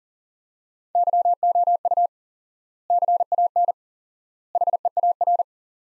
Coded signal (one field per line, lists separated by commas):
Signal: Morse code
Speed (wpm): 40 wpm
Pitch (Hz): 700 Hz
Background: none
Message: YOU CAN HEAR